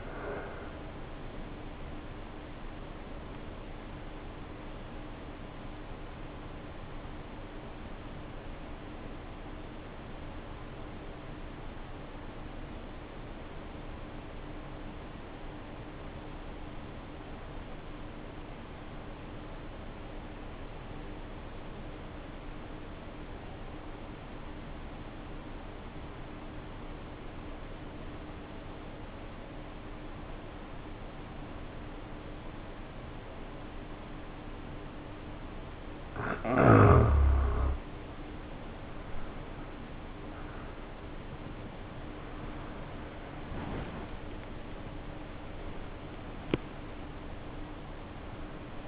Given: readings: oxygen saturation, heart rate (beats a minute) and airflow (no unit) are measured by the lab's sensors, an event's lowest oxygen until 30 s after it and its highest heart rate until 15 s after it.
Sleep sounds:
breathing in sleep by a voice recorder at the bedside; 1
6.00-39.10 s: hypopnea (N1, oxygen 91% highest, then 75% lowest, heart rate 58 at the start, 73 highest)
9.00-39.00 s: new sleep stage, N2 (light sleep)
39.00-48.88 s: new sleep stage, N1 (lightest sleep)
From the record:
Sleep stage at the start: N1 (lightest sleep); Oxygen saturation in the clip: 76 to 91%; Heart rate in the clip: 51 to 73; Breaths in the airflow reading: 4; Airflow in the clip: -6.2 to 8.5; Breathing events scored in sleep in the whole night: 520 in 7.2 hours asleep

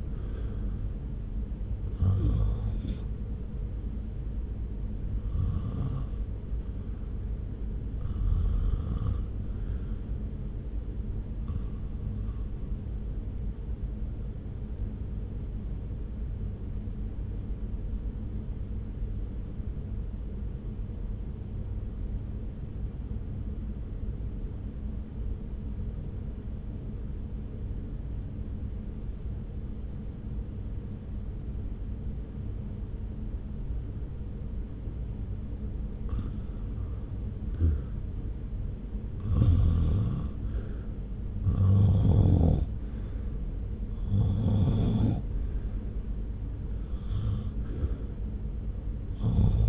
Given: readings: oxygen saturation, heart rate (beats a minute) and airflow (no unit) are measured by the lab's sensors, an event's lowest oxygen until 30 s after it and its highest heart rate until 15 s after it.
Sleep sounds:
breathing in sleep by a smartphone at the bedside; 1
15.00-36.50 s: obstructive apnea (REM, oxygen 95% highest, then 78% lowest)
From the record:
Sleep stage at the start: REM sleep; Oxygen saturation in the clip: 78 to 95%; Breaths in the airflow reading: 15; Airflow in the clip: -0.7 to 0.8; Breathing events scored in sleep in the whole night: 335 in 6.7 hours asleep

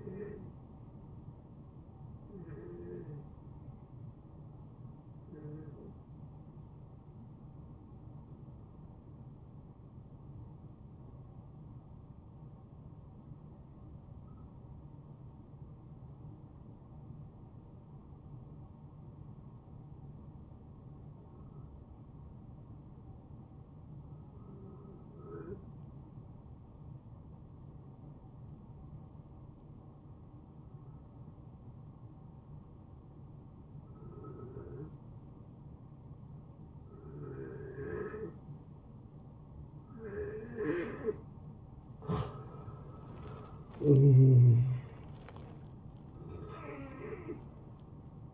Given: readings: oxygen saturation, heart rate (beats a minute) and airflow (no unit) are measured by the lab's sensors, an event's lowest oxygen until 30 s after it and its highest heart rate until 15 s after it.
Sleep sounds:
breathing in sleep by a smartphone at the bedside; 1
7.00-41.50 s: hypopnea (N1, oxygen 94% highest, then 81% lowest, heart rate 69 at the start, 76 highest)
29.00-48.34 s: new sleep stage, N2 (light sleep)
From the record:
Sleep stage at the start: N1 (lightest sleep); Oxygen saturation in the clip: 83 to 94%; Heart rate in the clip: 63 to 76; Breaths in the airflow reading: 9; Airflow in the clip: -17.7 to 8.8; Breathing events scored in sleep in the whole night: 263 in 5.5 hours asleep

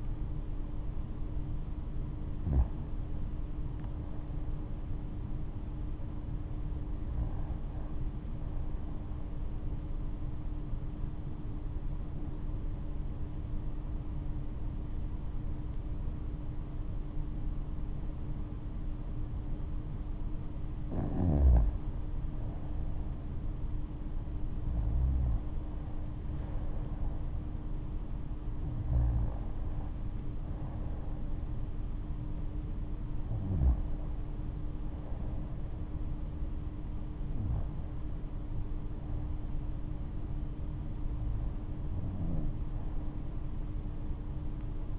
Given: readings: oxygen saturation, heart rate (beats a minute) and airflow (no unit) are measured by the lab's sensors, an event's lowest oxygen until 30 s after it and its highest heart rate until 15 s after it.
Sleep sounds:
breathing in sleep by a smartphone at the bedside; 1
9.00-22.10 s: hypopnea (REM, oxygen 95% highest, then 91% lowest, heart rate 76 at the start, 79 highest)
From the record:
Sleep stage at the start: REM sleep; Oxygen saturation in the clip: 91 to 95%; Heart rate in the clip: 69 to 79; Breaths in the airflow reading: 9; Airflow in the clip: -7.9 to 10.9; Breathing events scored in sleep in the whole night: 228 in 5.4 hours asleep

